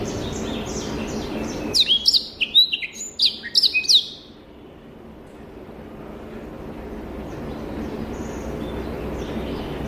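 Rüppell's warbler song: a hurried phrase of scratchy, clipped notes and brief rattles lasting about two seconds, then a low steady hiss of background noise.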